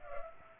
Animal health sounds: mosquito wingbeat signal from an infrared sensor; Culex pipiens

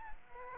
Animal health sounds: mosquito wingbeat signal from an infrared sensor; Aedes aegypti

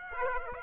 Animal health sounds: mosquito wingbeat signal from an infrared sensor; Aedes aegypti

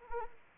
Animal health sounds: mosquito wingbeat signal from an infrared sensor; Anopheles arabiensis

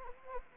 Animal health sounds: mosquito wingbeat signal from an infrared sensor; Anopheles gambiae

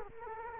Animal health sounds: mosquito wingbeat signal from an infrared sensor; Culex quinquefasciatus

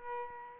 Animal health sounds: mosquito wingbeat signal from an infrared sensor; Aedes albopictus

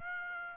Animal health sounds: mosquito wingbeat signal from an infrared sensor; Aedes aegypti

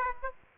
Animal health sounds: mosquito wingbeat signal from an infrared sensor; Aedes aegypti

